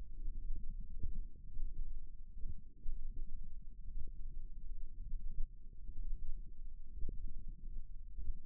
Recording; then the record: forearm muscle sounds (acoustic myography)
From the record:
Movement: thumb flexion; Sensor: system 1, eight BSWA MPA416 microphones around the upper forearm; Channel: 8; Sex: female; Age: 21 years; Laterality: right